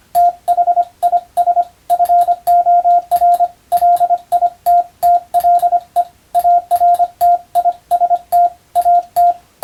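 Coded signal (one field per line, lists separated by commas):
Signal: Morse code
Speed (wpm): 25 wpm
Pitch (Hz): 700 Hz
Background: radio noise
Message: THIS FOR LITTLE ARTIST AT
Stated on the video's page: CW sent for training for the Japanese radio operator exam telegraphy subject, using European-language telegram practice texts; also suited to amateur receiving practice.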